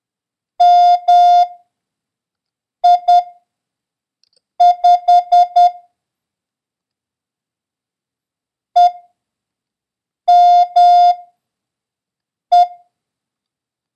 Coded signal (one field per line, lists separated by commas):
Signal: Morse code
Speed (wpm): 10 wpm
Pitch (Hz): 710 Hz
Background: none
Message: MI5 EME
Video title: International Morse Code: Lesson 2